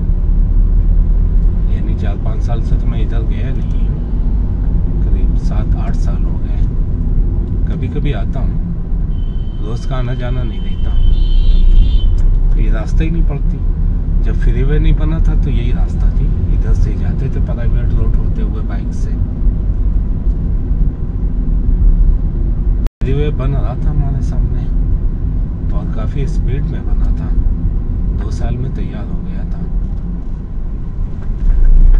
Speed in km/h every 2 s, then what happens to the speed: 23, 27, 28, 23, 10, 15, 20, 23, 26, 28, 28, 29, 29, 26, 17, 12.
0-5 steady at about 27. 5-9 brakes to 10. 9-16 speeds up to 26. 16-24 steady at about 28. 24-29 slows to 12.